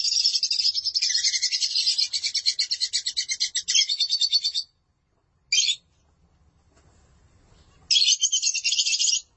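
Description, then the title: Lovebird chatter in harsh rapid pulsed bursts, a long nearly five-second run, a brief squeak, quiet, then another short buzzy burst. "Suara Burung Lovebird"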